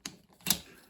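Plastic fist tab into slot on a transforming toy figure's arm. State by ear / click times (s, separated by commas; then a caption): seated / 0.1 s. A small plastic tab on the fist of a transforming plastic action figure's arm clicks into its slot at 0.1 s as the arm is folded in on its hinge. A quieter rustle follows, then a louder, brighter sharp sound at 0.5 s that fades out. The tab is seated and the fist locks into place.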